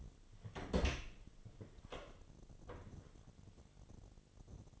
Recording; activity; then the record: daily activity, microphone in the room; open door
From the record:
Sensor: 4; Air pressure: 1008.1 hPa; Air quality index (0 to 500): 183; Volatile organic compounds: 5 ppm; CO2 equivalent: 1833 ppm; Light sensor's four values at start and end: 24/77/29/29 and 23/72/27/26